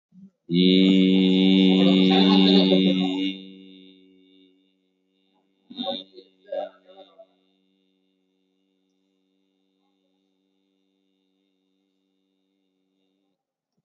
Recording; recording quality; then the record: sustained vowel as in beet; excellent, no background noise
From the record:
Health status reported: COVID-19 positive, moderate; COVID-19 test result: positive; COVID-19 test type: RT-PCR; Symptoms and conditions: cough, cold, sore throat, fever, muscle pain, loss of smell and taste, diarrhoea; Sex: male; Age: 37 years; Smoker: no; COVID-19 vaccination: one dose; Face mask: worn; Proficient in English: yes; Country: India